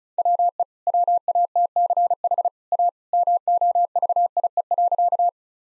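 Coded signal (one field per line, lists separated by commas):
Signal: Morse code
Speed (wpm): 36 wpm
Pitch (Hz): 700 Hz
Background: none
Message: WE WATCH A MOVIE.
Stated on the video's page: Morse practice sentences at 35 wpm with contextual hints, sent as a copying drill.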